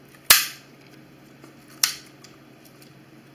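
The first of several sharp cutting parts is refitted into its holder, snapping sharply into place at 0.3 s and again at 1.8 s, followed by a few faint ticks. The part is seated, fitting in easily, though it sometimes needs a little force.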